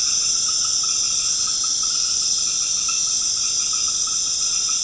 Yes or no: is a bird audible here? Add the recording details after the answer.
no. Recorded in secondary vegetation near Puerto Asís, Putumayo, Colombia, on 12 March 2025 at 19:00. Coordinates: 0.485, -76.322. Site G040